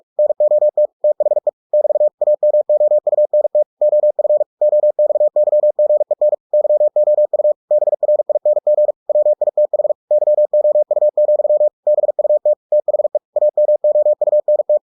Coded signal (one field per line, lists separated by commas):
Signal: Morse code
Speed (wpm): 46 wpm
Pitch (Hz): 600 Hz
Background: none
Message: NOT THE <BT> AMOUNT OF OXYGEN YOU BRING WITH YOU, BUT THE AMOUNT